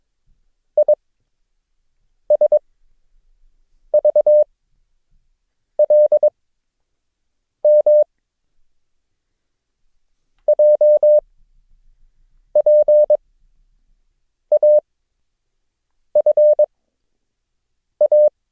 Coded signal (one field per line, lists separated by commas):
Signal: Morse code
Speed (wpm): 22 wpm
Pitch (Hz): 600 Hz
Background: none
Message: ISVLM JPAFA